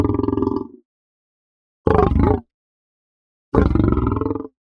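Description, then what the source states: Lion giving three short, guttural, pulsing growls spaced roughly every two seconds, with silence between them. Soft growl.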